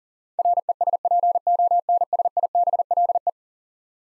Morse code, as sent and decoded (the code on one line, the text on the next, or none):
.-. . ... .--. --- -. ... .. -... .-.. .
RESPONSIBLE